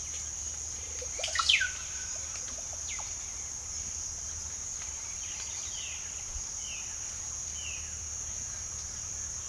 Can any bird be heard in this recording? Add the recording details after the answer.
yes. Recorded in pastures near Puerto Asís, Putumayo, Colombia, on 8 March 2025 at 07:00. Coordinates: 0.497, -76.327. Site G072